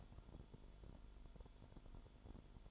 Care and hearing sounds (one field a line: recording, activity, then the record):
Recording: daily activity, microphone in the room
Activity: light on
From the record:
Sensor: 5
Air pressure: 1008.0 hPa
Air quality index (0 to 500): 100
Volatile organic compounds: 1 ppm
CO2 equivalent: 778 ppm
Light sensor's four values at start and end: 34/80/33/33 and 35/81/33/33